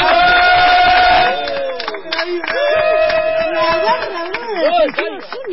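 A crowd cheers and claps loudly and without a break, with shrill whoops and rising and falling whistle-like cries over the steady roar of the audience.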